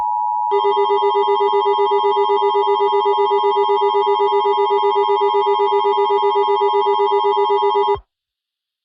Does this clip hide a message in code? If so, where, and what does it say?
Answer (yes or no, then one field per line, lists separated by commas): no